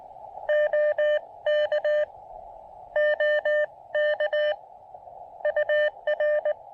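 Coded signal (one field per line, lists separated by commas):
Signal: Morse code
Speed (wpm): 20 wpm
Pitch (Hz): 590 Hz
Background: none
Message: OK OK UR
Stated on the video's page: QRP Parks on the Air activation with DX contacts, CW on 20, 30 and 17 metres using a random wire antenna.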